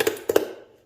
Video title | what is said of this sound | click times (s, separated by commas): Used and abused Ridgid Wet/Dry Vac gets a new lease on life... | we go, got that locked back in. | 0.0 s, 0.4 s